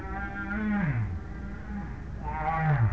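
Whale moans, two low downward-sliding groans with harmonic overtones, over a steady low rumble.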